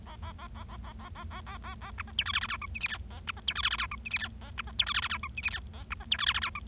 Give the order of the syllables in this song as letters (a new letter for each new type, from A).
A A A A A A A A A A A A B C D E F F G H I J K A B C D E F F G H I J K A B C D E F F G H I J K A B C D E F F G H